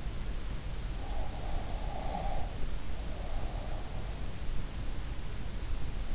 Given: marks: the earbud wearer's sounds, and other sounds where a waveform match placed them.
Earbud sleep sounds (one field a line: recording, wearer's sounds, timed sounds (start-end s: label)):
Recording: sounds in sleep by an in-ear microphone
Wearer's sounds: breath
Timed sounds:
1.44-3.71 s: breath